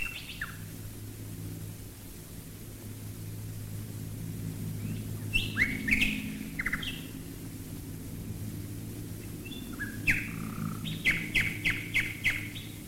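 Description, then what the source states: Common nightingale phrases, scattered: short whistles and chirps, pauses, then a fast repeated trill, with a soft low drone underneath. Nightingales singing while bombers fly over, recorded in 1942.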